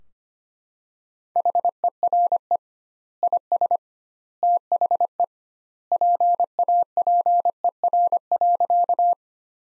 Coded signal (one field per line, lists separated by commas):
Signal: Morse code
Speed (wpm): 25 wpm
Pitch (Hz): 700 Hz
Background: none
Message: HERE IS THE PAPER.